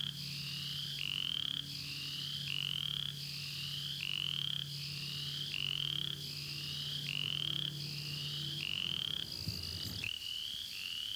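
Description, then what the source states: Upland chorus frog repeating fast upward-sweeping trills in a regular series, a low steady hum behind, and a brief knock near the end. In Florida found only along the Apalachicola River, exclusively in bottomland habitats; call resembles the southern chorus frog's but is much more rapid.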